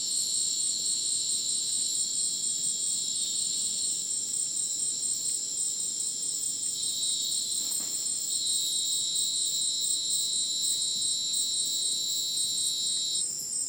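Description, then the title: Crickets fill the air with a constant high, buzzy trilling in several stacked bands, quite uniform throughout. Madidi National Park, Ucumari, Bolivia; dense rainforest just after sunset; very dense insect chorus likened to polyrhythmic electronic music; AT BP4029 microphone, MixPre 6 recorder. "Madidi National Park, Ucumari, Bolivia - Supersonic Crickets in the rainforest"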